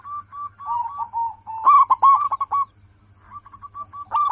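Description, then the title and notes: Zebra dove song: a run of soft, evenly spaced coos builds into a loud, rapid staccato burst, then quieter coos resume, with a low hum underneath. Local bird singing actively, with a loud, clear, crystal-like voice. "PERKUTUT LOKAL GACOR Suara KRISTAL LANTANG. Kicau Burung Perkutut"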